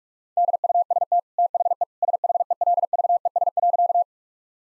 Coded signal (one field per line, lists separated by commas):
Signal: Morse code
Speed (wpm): 46 wpm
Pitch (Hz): 700 Hz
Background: none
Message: DUST THE SHELVES.